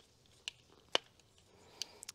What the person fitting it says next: there's that nice click